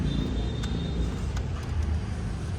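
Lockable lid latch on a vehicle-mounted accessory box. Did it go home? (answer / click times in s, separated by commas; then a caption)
no / none. A lockable lid latch on a vehicle-mounted exterior accessory box on an SUV is handled as the lid is pushed shut toward its key lock, over a steady low vehicle rumble with a brief sharp tap near 1.4 s. The lid is not yet home: nothing has seated or clicked yet.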